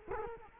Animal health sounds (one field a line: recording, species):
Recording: mosquito wingbeat signal from an infrared sensor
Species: Culex quinquefasciatus